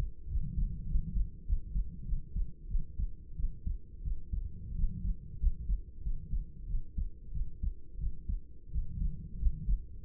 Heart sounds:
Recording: heart sounds by stethoscope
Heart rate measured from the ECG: 92 bpm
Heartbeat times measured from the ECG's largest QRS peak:
0.28 s: heartbeat
0.86 s: heartbeat
1.45 s: heartbeat
2.04 s: heartbeat
2.67 s: heartbeat
3.35 s: heartbeat
4.02 s: heartbeat
4.74 s: heartbeat
5.38 s: heartbeat
6.01 s: heartbeat
6.66 s: heartbeat
7.31 s: heartbeat
7.98 s: heartbeat
8.70 s: heartbeat
9.37 s: heartbeat
10.02 s: heartbeat
From the record:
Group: healthy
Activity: rest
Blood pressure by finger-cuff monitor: 120/70 mmHg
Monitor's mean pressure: 85 mmHg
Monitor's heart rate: 100 bpm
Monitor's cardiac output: 7.9 L/min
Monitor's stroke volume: 80 mL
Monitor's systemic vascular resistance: 760 dyn s/cm5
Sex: female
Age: 26 years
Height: 165 cm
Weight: 55 kg

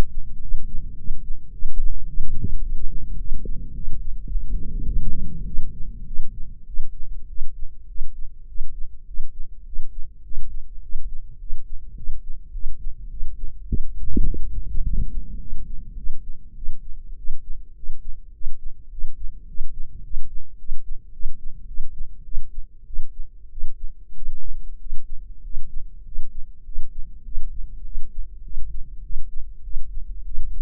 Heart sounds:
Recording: heart sounds by microphone in the left ear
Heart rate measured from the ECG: 103 bpm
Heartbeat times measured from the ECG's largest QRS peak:
0.41 s: heartbeat
0.97 s: heartbeat
1.52 s: heartbeat
2.07 s: heartbeat
2.62 s: heartbeat
3.18 s: heartbeat
3.74 s: heartbeat
4.28 s: heartbeat
4.85 s: heartbeat
5.46 s: heartbeat
6.06 s: heartbeat
6.66 s: heartbeat
7.28 s: heartbeat
7.88 s: heartbeat
8.47 s: heartbeat
9.06 s: heartbeat
9.65 s: heartbeat
10.24 s: heartbeat
10.82 s: heartbeat
11.39 s: heartbeat
11.96 s: heartbeat
12.53 s: heartbeat
13.10 s: heartbeat
13.67 s: heartbeat
14.25 s: heartbeat
14.83 s: heartbeat
15.40 s: heartbeat
15.96 s: heartbeat
16.55 s: heartbeat
17.17 s: heartbeat
17.75 s: heartbeat
18.33 s: heartbeat
18.90 s: heartbeat
19.47 s: heartbeat
20.03 s: heartbeat
20.58 s: heartbeat
21.12 s: heartbeat
21.67 s: heartbeat
22.24 s: heartbeat
22.86 s: heartbeat
23.50 s: heartbeat
24.15 s: heartbeat
24.79 s: heartbeat
25.43 s: heartbeat
26.04 s: heartbeat
26.64 s: heartbeat
27.24 s: heartbeat
27.84 s: heartbeat
28.43 s: heartbeat
29.02 s: heartbeat
29.63 s: heartbeat
30.25 s: heartbeat
From the record:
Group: healthy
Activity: cold pressor test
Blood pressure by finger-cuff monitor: 176/130 mmHg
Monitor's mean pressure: 145 mmHg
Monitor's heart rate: 103 bpm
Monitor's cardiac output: 7.7 L/min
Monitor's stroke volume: 74 mL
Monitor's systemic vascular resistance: 1450 dyn s/cm5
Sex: male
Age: 23 years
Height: 179 cm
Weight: 87 kg

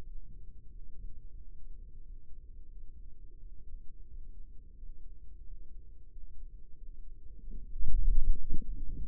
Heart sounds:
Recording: heart sounds by microphone in the right ear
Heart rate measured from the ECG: 90 bpm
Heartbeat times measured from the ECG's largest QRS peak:
0.03 s: heartbeat
0.67 s: heartbeat
1.33 s: heartbeat
2.01 s: heartbeat
2.68 s: heartbeat
3.37 s: heartbeat
4.06 s: heartbeat
4.74 s: heartbeat
5.42 s: heartbeat
6.08 s: heartbeat
6.74 s: heartbeat
7.38 s: heartbeat
8.01 s: heartbeat
8.65 s: heartbeat
From the record:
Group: healthy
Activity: rest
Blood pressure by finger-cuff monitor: 90/54 mmHg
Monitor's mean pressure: 66 mmHg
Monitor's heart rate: 92 bpm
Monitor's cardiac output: 6.6 L/min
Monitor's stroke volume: 73 mL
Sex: male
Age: 22 years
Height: 181 cm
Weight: 60 kg

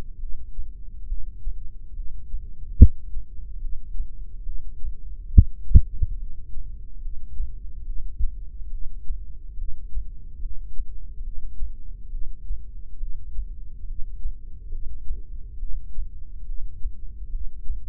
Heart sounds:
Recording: heart sounds by microphone in the left ear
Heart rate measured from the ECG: 72 bpm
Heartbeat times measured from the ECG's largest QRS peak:
0.21 s: heartbeat
1.09 s: heartbeat
1.96 s: heartbeat
2.79 s: heartbeat
3.62 s: heartbeat
4.46 s: heartbeat
5.33 s: heartbeat
6.20 s: heartbeat
7.03 s: heartbeat
7.87 s: heartbeat
8.72 s: heartbeat
9.59 s: heartbeat
10.43 s: heartbeat
11.25 s: heartbeat
12.12 s: heartbeat
13.01 s: heartbeat
13.88 s: heartbeat
14.72 s: heartbeat
15.60 s: heartbeat
16.47 s: heartbeat
17.33 s: heartbeat
17.82 s: heartbeat
From the record:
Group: heart failure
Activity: rest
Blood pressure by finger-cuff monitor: 127/88 mmHg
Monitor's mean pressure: 102 mmHg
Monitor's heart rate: 70 bpm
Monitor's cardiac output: 6.4 L/min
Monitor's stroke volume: 91 mL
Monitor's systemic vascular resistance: 1180 dyn s/cm5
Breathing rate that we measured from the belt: 17 breaths a minute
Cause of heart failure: idiopathic cardiomyopathy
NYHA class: 1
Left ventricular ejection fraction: 50%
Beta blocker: bisoprolol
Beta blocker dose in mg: 5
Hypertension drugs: candesartan, spironolactone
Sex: male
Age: 54 years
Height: 180 cm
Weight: 94.6 kg

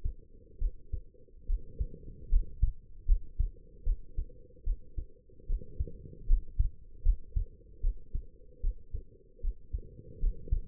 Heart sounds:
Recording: heart sounds by stethoscope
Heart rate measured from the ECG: 75 bpm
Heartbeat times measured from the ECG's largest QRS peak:
0.58 s: heartbeat
1.46 s: heartbeat
2.29 s: heartbeat
3.05 s: heartbeat
3.83 s: heartbeat
4.63 s: heartbeat
5.46 s: heartbeat
6.26 s: heartbeat
7.02 s: heartbeat
7.81 s: heartbeat
8.60 s: heartbeat
9.41 s: heartbeat
10.19 s: heartbeat
From the record:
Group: healthy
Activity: rest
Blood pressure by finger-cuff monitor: 105/68 mmHg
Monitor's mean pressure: 78 mmHg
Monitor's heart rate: 73 bpm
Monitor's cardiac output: 5.5 L/min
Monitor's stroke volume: 77 mL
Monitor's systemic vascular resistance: 1040 dyn s/cm5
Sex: female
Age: 23 years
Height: 160 cm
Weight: 50.4 kg

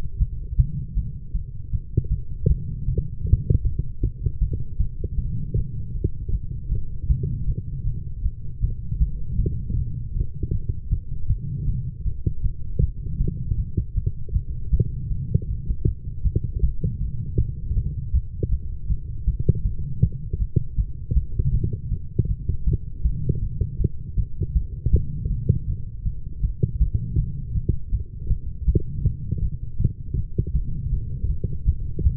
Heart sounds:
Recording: heart sounds by stethoscope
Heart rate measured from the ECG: 158 bpm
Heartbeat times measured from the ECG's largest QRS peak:
0.19 s: heartbeat
0.57 s: heartbeat
0.95 s: heartbeat
1.33 s: heartbeat
1.71 s: heartbeat
2.10 s: heartbeat
2.48 s: heartbeat
2.86 s: heartbeat
3.25 s: heartbeat
3.63 s: heartbeat
4.01 s: heartbeat
4.40 s: heartbeat
4.78 s: heartbeat
5.16 s: heartbeat
5.55 s: heartbeat
5.93 s: heartbeat
6.31 s: heartbeat
6.70 s: heartbeat
7.08 s: heartbeat
7.46 s: heartbeat
7.84 s: heartbeat
8.22 s: heartbeat
8.61 s: heartbeat
8.99 s: heartbeat
9.37 s: heartbeat
9.75 s: heartbeat
10.13 s: heartbeat
10.51 s: heartbeat
10.90 s: heartbeat
11.28 s: heartbeat
11.66 s: heartbeat
12.04 s: heartbeat
12.42 s: heartbeat
12.80 s: heartbeat
13.19 s: heartbeat
13.56 s: heartbeat
13.95 s: heartbeat
14.33 s: heartbeat
14.71 s: heartbeat
15.09 s: heartbeat
15.47 s: heartbeat
15.85 s: heartbeat
16.23 s: heartbeat
16.61 s: heartbeat
16.99 s: heartbeat
17.37 s: heartbeat
17.75 s: heartbeat
18.12 s: heartbeat
18.50 s: heartbeat
18.88 s: heartbeat
19.26 s: heartbeat
19.63 s: heartbeat
20.01 s: heartbeat
20.39 s: heartbeat
20.77 s: heartbeat
21.14 s: heartbeat
21.52 s: heartbeat
21.90 s: heartbeat
22.27 s: heartbeat
22.65 s: heartbeat
23.03 s: heartbeat
23.41 s: heartbeat
23.78 s: heartbeat
24.16 s: heartbeat
24.54 s: heartbeat
24.91 s: heartbeat
25.29 s: heartbeat
25.66 s: heartbeat
26.04 s: heartbeat
26.41 s: heartbeat
26.79 s: heartbeat
27.16 s: heartbeat
27.54 s: heartbeat
27.91 s: heartbeat
28.29 s: heartbeat
28.66 s: heartbeat
29.03 s: heartbeat
29.41 s: heartbeat
29.78 s: heartbeat
30.16 s: heartbeat
30.53 s: heartbeat
30.91 s: heartbeat
31.28 s: heartbeat
31.66 s: heartbeat
32.03 s: heartbeat
From the record:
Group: healthy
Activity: light exercise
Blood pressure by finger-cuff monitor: 105/83 mmHg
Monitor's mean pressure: 91 mmHg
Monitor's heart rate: 158 bpm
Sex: female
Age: 19 years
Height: 163 cm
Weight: 51 kg

